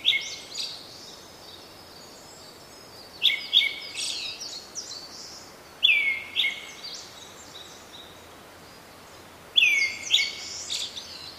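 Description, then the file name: Brown-headed thrush singing: several phrases a few seconds apart, each a falling whistle run into scratchy high twitters, with soft background hiss. "akahara"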